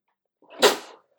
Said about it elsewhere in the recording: I guarantee we'll hear that sneeze. It's allergy season.